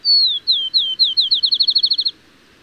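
Bird song: a few slow, high whistled notes sliding downward, then speeding into a rapid trill of short repeated notes that stops abruptly; faint background hiss.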